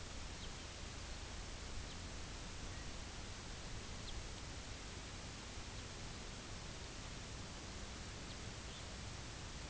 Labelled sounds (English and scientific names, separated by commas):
Lapland Longspur (Calcarius lapponicus), unidentified sound, Red Phalarope (Phalaropus fulicarius)